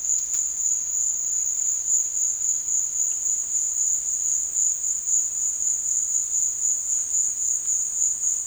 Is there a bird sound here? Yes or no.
no